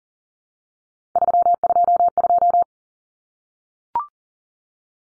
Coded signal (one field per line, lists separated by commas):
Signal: Morse code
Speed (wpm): 40 wpm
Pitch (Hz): 700 Hz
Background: none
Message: 322